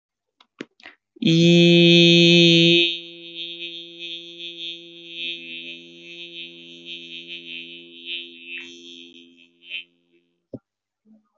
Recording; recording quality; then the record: sustained vowel as in beet; excellent, no background noise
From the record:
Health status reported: healthy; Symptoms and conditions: none ticked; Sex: male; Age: 19 years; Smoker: not ticked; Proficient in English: yes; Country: India